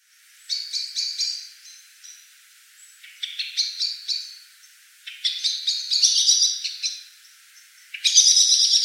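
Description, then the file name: Common blackbird calls: four bursts of rapid, high, harsh chattering notes, the last cut off at the end. "Turdus merula"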